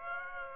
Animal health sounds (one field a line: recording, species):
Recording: mosquito wingbeat signal from an infrared sensor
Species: Aedes aegypti